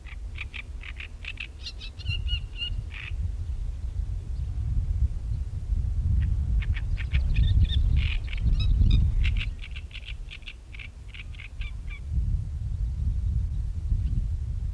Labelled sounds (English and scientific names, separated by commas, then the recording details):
Great Reed Warbler (Acrocephalus arundinaceus) song
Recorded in the wild
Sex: male
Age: adult
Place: Mönchmühle, Brandenburg, DE
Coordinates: 52.65, 13.395
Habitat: willow bush
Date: 1975-05-11
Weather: slightly overcast
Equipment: Uher CR 210, Sennheiser MD 421, Verstärker, Kopie Uher 4200
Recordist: Tembrock, Günter
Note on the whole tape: Gesang (Weidengebüsch am Bahndamm)